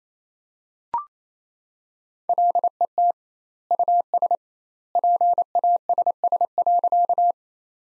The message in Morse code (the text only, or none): LET US PASS.